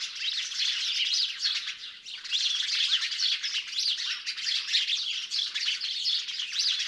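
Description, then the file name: Many house sparrows chirping together, an unbroken, noisy chatter of sharp overlapping notes with slight surges in loudness. "Passer domesticus"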